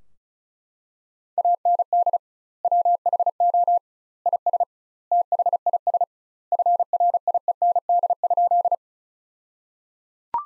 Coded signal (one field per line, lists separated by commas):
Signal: Morse code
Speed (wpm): 34 wpm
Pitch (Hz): 700 Hz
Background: none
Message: AND WHO IS THIS FRIEND?